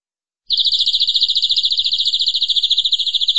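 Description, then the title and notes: Canary delivering a long, unbroken trill of rapid high pulses after a brief silence, with faint low knocks underneath. "BM Suara Kenari. BM Suara Burung Kenari"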